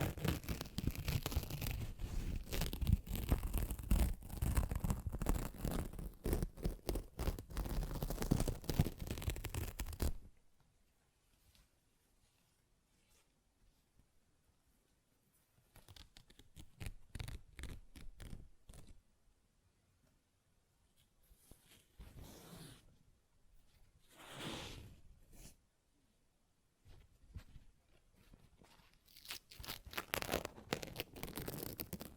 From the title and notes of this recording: ASMR Paper Ripping Tearing Sounds (No Talking).